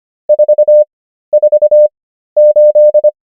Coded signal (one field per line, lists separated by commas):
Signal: Morse code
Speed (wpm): 25 wpm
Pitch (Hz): 600 Hz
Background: none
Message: 448